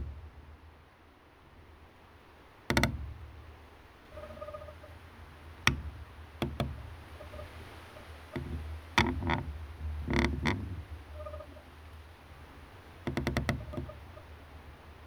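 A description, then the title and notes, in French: In a chestnut grove, sharp woody knocks and cracks break out irregularly, sometimes singly and sometimes in quick bursts, the busiest around ten seconds and again near thirteen. A steady low rumble runs beneath, with faint short tones drifting in between. Un voyage au coeur de la châtaigneraie au fil des quatre saisons. Un jeu entre les paysages sonores et les sons liés à la pratique de la castanéiculture.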